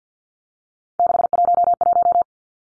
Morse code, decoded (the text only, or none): 611